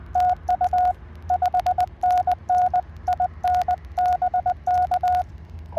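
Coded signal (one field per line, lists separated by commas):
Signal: Morse code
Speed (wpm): 20 wpm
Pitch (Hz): 1450 Hz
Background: radio noise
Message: TU 5NN IN BK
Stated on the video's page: CW POTA park activation.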